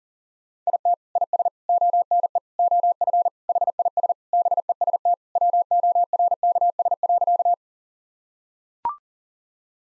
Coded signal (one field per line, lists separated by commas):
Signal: Morse code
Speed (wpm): 40 wpm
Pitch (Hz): 700 Hz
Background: none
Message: IT IS ONE OF HIS BEST WORKS.